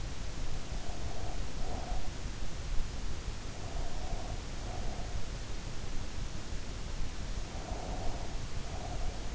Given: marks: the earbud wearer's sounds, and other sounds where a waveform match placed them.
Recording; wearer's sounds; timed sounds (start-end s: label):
sounds in sleep by an in-ear microphone; breath
0.34-2.01 s: breath
3.46-5.12 s: breath
7.15-9.35 s: breath